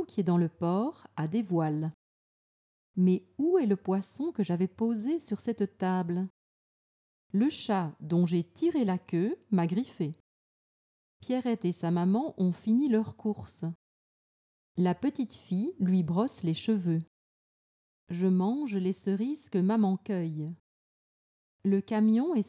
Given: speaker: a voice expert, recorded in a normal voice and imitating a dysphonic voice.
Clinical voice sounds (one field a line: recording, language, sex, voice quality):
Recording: read sentences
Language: French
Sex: female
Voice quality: normal voice